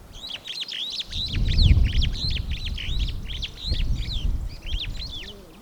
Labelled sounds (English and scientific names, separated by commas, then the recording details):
Superb Starling (Lamprotornis superbus) flight call
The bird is a male
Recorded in Kenya on 14 July 2008 at 16:14
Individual 1, of group CF1